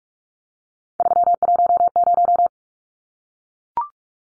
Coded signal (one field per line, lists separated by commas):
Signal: Morse code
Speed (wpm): 44 wpm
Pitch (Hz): 700 Hz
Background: none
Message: 310